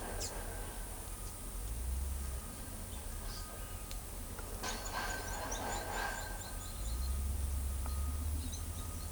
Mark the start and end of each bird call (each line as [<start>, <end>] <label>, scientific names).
[4.64, 7.08] Quiscalus lugubris
[8.41, 9.11] Quiscalus lugubris